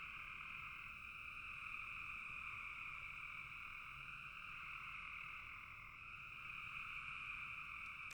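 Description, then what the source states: Frog chorus, many callers blending into a continuous droning trill that holds steady for the whole stretch. Frogs in a bog.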